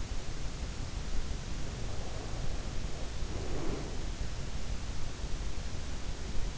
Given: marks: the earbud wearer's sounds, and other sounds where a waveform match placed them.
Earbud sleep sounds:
sounds in sleep by an in-ear microphone; breath
1.75-4.32 s: breath

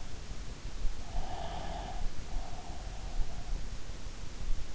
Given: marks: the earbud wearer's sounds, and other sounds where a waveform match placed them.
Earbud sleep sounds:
sounds in sleep by an in-ear microphone; breath
1.12-3.64 s: breath

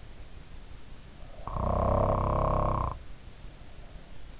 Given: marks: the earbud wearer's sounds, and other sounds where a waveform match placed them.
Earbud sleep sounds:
sounds in sleep by an in-ear microphone; snoring breath
1.30-3.13 s: snoring breath

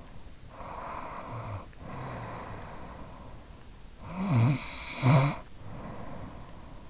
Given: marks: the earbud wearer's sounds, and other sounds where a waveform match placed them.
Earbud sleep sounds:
sounds in sleep by an in-ear microphone; breath, snoring breath
0.33-3.53 s: breath
4.05-6.90 s: snoring breath

